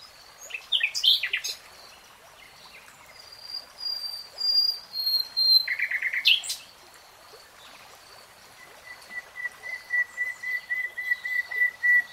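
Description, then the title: Nightingale song mixing sharp chirps, piercing whistles and a short rattle, then a long string of rapidly repeated notes on one steady pitch. Real-time recording of a nightingale singing. "[Tiếng chim hót] 3 Hours REALTIME Nightingale Singing"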